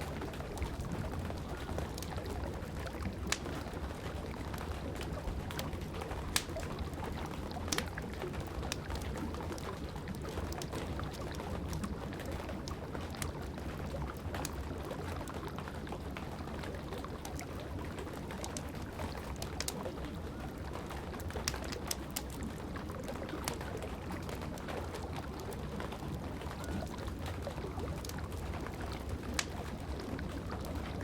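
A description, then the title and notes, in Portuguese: Rain falls steadily over a fireplace fire, a dense, even hiss with a low rumbling hum underneath. Sharp crackles and pops from the burning wood break through often and irregularly, a few standing out louder around six and thirty seconds. Som de chuva e o relaxante estralar do fogo da lareira.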